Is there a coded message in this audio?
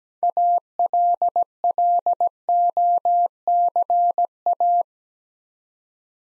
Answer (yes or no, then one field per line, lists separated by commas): yes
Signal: Morse code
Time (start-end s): 0.2-4.8 s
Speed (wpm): 17 wpm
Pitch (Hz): 700 Hz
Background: none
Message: ALLOCA